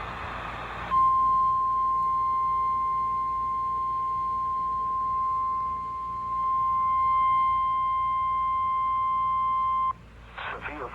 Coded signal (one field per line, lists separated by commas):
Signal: Emergency Alert System (SAME) tones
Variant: 1050 Hz attention tone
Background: speech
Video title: A SHORT SLGT RISK EVENT... EAS Alerts from 6/28/22 (EAS 1,091-1,096)